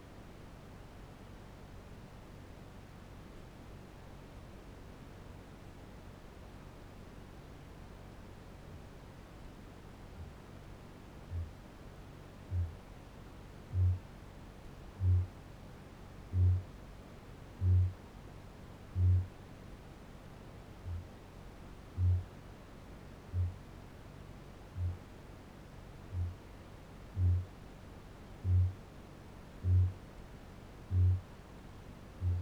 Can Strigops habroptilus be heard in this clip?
yes